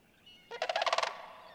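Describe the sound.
Sandhill crane giving a single short rolling call, a rapid run of harsh, trumpeting pulses lasting about half a second.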